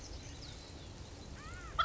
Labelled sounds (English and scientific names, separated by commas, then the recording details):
House Finch (Haemorhous mexicanus)
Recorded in Sonoma County, California